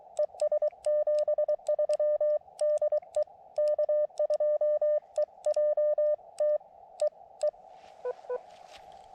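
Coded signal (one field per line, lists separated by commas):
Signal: Morse code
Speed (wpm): 23 wpm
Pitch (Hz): 600 Hz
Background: none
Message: ES 73 DE K2EJT E E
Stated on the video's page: CW on a combined park and summit activation from an Elecraft KX2 with a BaMaTech TP-III key and AX1 vertical antenna on a tripod with two radials; contacts included England, Northern Ireland, Italy.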